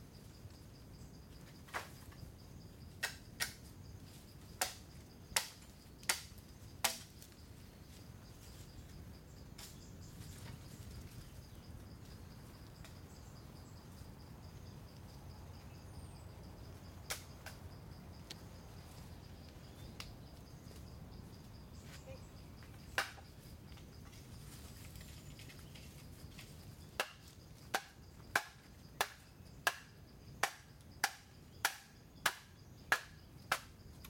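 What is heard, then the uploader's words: Sharp, dry knocks of bamboo being cut come in quick bursts: a run of regular strikes in the first seven seconds, a few scattered blows mid-clip, then a steady rapid series from about 27 seconds on. A low, constant rumble and a faint high whine sit underneath. The sound of bamboo being split, hacked and shaved in Chiang Mai, Thailand. Recorded by Alex Boyesen. Bamboo being cut, Thailand.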